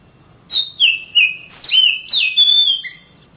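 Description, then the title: Oriental magpie-robin giving a rich run of slurred whistles sliding downward, closing with a lower short note. Singing birds of the Kalimantan and Sumatra types, described as champion (juara), master birds in active, energetic song (gacor). "Kicau Kacer Juara Master Kalimantan Sumatra Gacor"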